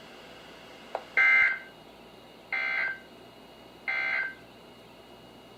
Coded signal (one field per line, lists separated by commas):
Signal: Emergency Alert System (SAME) tones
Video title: EAS #1425-#1434: Direct Hit | KHB36, WMX42, WNG736, & KEC83